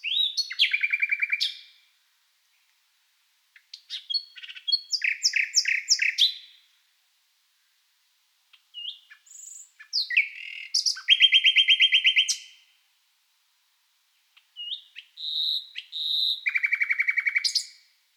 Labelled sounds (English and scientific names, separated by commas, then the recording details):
Common Nightingale (Luscinia megarhynchos)
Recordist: Frommolt, Karl-Heinz